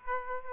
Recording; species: mosquito wingbeat signal from an infrared sensor; Aedes aegypti